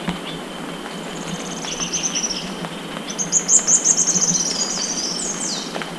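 Bird calls: very high, thin twittering trills that build into a rapid, pulsing burst of notes, then end in a descending slur, over constant hiss.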